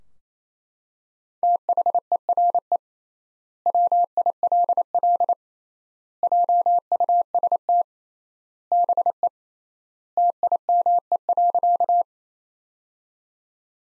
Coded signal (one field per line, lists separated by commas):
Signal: Morse code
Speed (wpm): 28 wpm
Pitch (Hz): 700 Hz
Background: none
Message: THERE WILL JUST BE TIME.